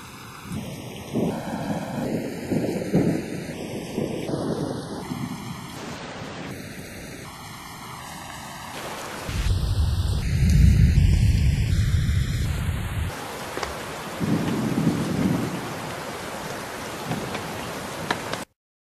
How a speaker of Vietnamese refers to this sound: Ngày hôm nay đột nhiên gió nổi bão về, bầu trời trong nháy mắt tối mù.